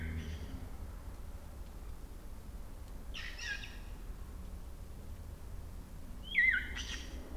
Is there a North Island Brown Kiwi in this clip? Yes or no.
no